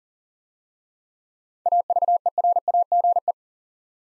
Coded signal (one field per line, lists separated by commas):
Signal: Morse code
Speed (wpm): 41 wpm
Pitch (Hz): 700 Hz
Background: none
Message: AVERAGE